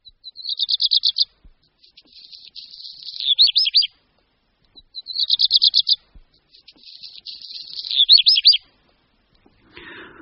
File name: Rehek-domácí